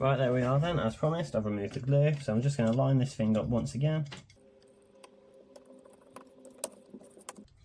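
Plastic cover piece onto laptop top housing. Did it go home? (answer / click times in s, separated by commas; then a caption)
yes / 6.6 s. Someone talks for about four seconds, then a plastic cover piece, with its old glue removed, is lined up on a laptop's top housing and pressed on. Quiet scraping and small ticks lead to a sharp click at 6.6 s as the cover clips into place, followed by another small tap at 7.3 s.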